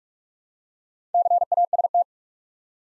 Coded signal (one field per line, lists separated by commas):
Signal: Morse code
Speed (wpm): 44 wpm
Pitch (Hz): 700 Hz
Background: none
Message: CAST